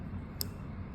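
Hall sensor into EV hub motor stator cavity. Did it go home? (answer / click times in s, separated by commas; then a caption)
yes / 0.4 s. A replacement hall sensor is pressed with a tool into its slot in the stator of an electric scooter hub motor. Over a low background hum, a single sharp, bright click sounds at 0.4 s. The sensor is fixed and fully seated in the stator cavity.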